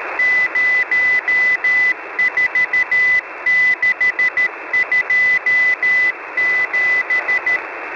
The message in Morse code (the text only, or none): 04627